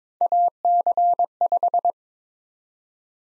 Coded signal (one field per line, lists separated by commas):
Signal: Morse code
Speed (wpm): 22 wpm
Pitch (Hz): 700 Hz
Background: none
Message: AC5